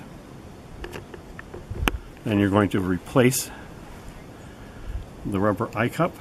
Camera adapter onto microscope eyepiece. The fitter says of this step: you'll be able to feel it click into place and then it's properly mounted